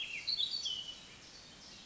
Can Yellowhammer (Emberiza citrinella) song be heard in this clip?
no